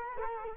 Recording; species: mosquito wingbeat signal from an infrared sensor; Culex quinquefasciatus